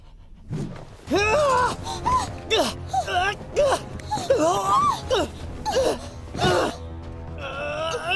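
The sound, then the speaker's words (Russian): A woman in a film scene crying in broken, wavering sobs, with sharp gasping breaths between high, quivering whimpers that rise and fall, sustained over several seconds without words. “Лия плачет.”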